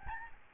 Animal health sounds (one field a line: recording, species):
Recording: mosquito wingbeat signal from an infrared sensor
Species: Aedes albopictus